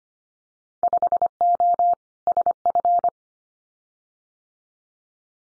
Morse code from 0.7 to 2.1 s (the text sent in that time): 5O